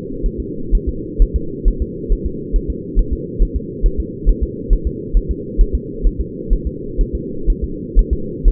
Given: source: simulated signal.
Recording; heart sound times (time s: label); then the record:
fetal heart sounds
0.26 s: S1
0.40 s: S2
0.75 s: S1
0.89 s: S2
1.22 s: S1
1.36 s: S2
1.68 s: S1
1.82 s: S2
2.12 s: S1
2.26 s: S2
2.56 s: S1
2.70 s: S2
2.99 s: S1
3.13 s: S2
3.42 s: S1
3.56 s: S2
3.86 s: S1
4.00 s: S2
4.29 s: S1
4.43 s: S2
4.73 s: S1
4.87 s: S2
5.17 s: S1
5.31 s: S2
5.61 s: S1
5.75 s: S2
6.07 s: S1
6.21 s: S2
6.53 s: S1
6.67 s: S2
7.01 s: S1
7.15 s: S2
7.50 s: S1
7.64 s: S2
7.99 s: S1
8.13 s: S2
8.48 s: S1
From the record:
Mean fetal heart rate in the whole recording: 130 bpm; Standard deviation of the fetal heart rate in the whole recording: 4 bpm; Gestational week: 38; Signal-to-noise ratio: -4.3 dB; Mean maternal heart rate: 72 bpm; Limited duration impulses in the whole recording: absent